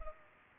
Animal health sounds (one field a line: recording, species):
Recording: mosquito wingbeat signal from an infrared sensor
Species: Culex pipiens